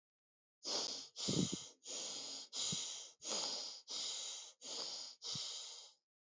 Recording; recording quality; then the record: shallow breathing; excellent, no background noise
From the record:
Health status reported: healthy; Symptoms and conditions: none ticked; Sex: male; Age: 33 years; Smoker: yes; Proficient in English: yes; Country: India